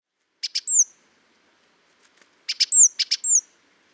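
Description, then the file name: Great tit calls: two sharp ticking notes then a high slurred whistle, repeated as a longer double-phrase burst after a short pause. "Parus major"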